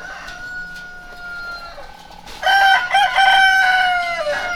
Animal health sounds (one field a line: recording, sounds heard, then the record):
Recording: poultry house recording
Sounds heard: sick chickens (respiratory disease)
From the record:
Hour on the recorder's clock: 2